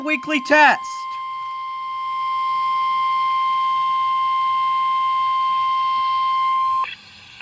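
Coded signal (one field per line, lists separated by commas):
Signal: Emergency Alert System (SAME) tones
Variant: 1050 Hz attention tone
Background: speech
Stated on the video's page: Required Weekly Test with live voice, received over NOAA Weather Radio.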